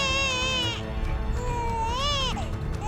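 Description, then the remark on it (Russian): A baby wails in two long, piercing bursts, each cry rising and then sliding down in pitch, loud and shrill over a low background rumble, filling a room. “бережно и быстро вытащил ребенка, отсоединив от него жуткие устройства, и комнату наполнил пронзительный детский плач.”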